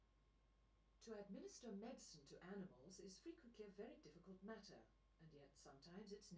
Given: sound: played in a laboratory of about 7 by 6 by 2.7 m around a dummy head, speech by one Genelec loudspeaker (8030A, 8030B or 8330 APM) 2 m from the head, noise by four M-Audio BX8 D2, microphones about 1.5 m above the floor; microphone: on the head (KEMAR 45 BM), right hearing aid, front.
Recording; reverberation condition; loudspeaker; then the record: female speech in English; low; 120 degrees to the left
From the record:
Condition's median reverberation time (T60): about 310 ms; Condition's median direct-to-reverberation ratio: about 3.5 dB